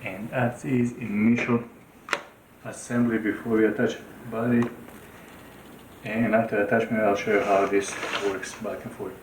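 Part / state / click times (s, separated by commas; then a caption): vacuum power tool unit into the wand/floor head assembly / seated / 2.1 s. The motor and handle unit of a Hoover REACT BH53210 cordless stick vacuum is pushed down onto the wand and floor head assembly, before the battery is attached, while someone talks. A single sharp, short click at 2.1 s marks the unit seating into place.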